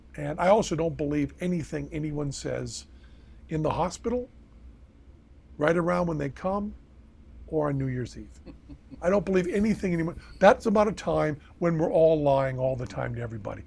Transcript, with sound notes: And I also don't believe anything anyone says in the hospital, right around when they come, or on New Year's Eve. *laugh* I don't believe anything anyone—that's about a time where we're all lying all the time to everybody.